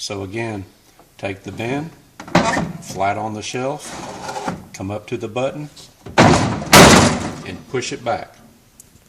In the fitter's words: and it snaps into place.